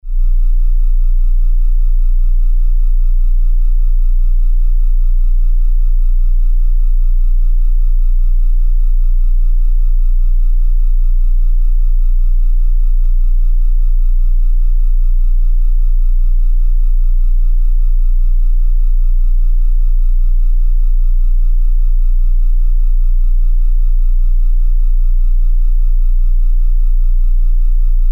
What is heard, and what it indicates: Tinnitus.